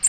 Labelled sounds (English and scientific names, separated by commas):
American Redstart (Setophaga ruticilla) flight call